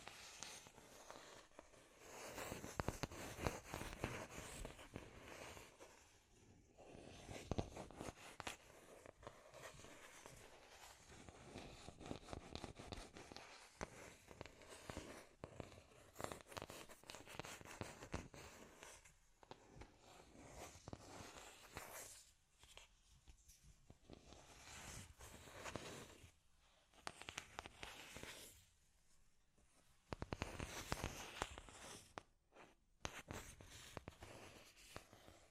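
Scratchy tapping runs almost without a break, a dense crackle of quick, irregular taps and scrapes that reach up high and bright. It swells and thins in bursts. Short gaps fall near 20, 23, 29 and 32 seconds, and a loud stretch picks up right after 30 seconds.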